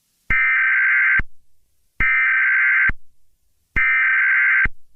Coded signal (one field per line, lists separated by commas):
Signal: Emergency Alert System (SAME) tones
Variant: header bursts